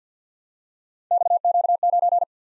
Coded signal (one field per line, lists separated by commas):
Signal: Morse code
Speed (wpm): 51 wpm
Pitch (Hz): 700 Hz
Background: none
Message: XQ9